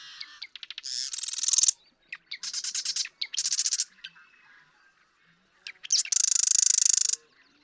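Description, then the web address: Marsh Wren song: clicking notes running into loud buzzy rattles, several bursts in quick succession, then a longer harsh trill. "birdsongforthecurious Marsh Wren"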